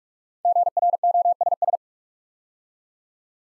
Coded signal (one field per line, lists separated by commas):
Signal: Morse code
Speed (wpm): 44 wpm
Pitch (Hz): 700 Hz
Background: none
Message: GROSS